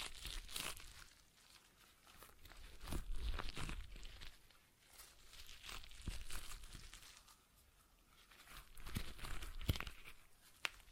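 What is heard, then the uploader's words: A stress ball is squeezed and released in slow waves, building to a crinkly, crunching squish around three, six and ten seconds, then easing off. Sharp little crackles and clicks pepper the sound. ASMR Relaxing Stress Ball Sounds (No Talking).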